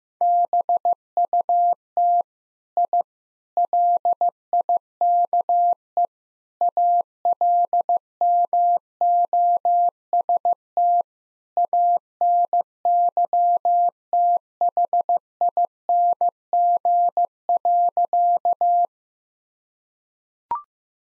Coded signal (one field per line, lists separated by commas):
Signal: Morse code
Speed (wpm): 15 wpm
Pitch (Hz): 700 Hz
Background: none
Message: BUT I LIKE ALMOST ANYTHING.